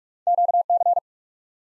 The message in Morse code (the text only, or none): QC